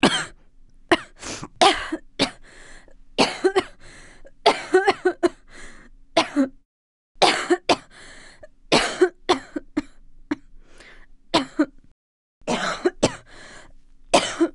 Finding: Female coughing.